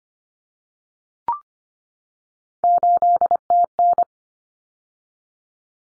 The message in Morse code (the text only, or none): 8TN